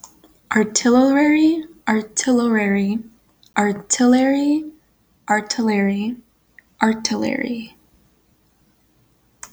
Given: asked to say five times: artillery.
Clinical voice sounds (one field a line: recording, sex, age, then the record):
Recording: repeated word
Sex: female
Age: 18 to 19 years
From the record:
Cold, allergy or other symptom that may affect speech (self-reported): no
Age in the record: 18 years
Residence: Florida, United States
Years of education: 14